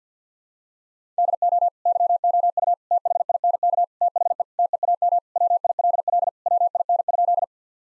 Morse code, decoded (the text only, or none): DO YOU THINK THE TEAM WILL WIN?